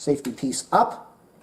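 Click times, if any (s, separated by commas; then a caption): none. Someone talks while handling the center frame hinge of a EuroMini Zizzo VIA 20" folding bike, pressing the plastic safety catch up so the plastic doesn't wear. The hinge has not locked yet, and nothing has seated or clicked.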